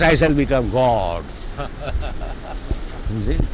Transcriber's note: laughter